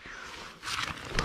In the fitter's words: this up, that clicks into place.